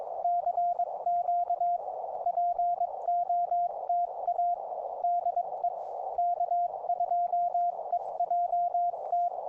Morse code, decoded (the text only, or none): CQ POTA DE K2EJT